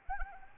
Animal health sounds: mosquito wingbeat signal from an infrared sensor; Anopheles arabiensis

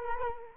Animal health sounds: mosquito wingbeat signal from an infrared sensor; Culex quinquefasciatus

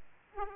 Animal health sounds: mosquito wingbeat signal from an infrared sensor; Aedes aegypti

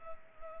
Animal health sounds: mosquito wingbeat signal from an infrared sensor; Culex pipiens

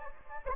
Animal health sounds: mosquito wingbeat signal from an infrared sensor; Anopheles gambiae

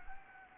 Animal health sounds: mosquito wingbeat signal from an infrared sensor; Anopheles arabiensis

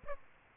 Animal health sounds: mosquito wingbeat signal from an infrared sensor; Aedes aegypti

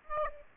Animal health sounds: mosquito wingbeat signal from an infrared sensor; Aedes aegypti

